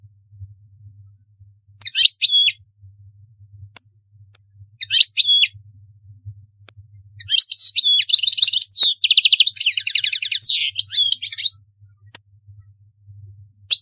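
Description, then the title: European goldfinch song: two short twittering phrases, then a long run of rapid tinkling notes and buzzy trills, with faint clicks and a low hum. "Chant Chardonneret"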